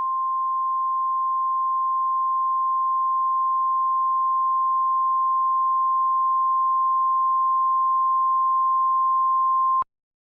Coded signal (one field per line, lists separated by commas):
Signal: Emergency Alert System (SAME) tones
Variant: 1050 Hz attention tone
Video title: Extremely Rare Local Area Emergency (LAE) EAS Alert Alabama